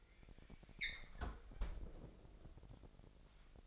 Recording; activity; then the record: daily activity, microphone in the room; close fridge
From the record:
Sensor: 5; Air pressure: 1002.0 hPa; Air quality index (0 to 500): 210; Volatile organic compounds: 21 ppm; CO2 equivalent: 2730 ppm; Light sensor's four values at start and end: 11/25/10/12 and 10/23/9/11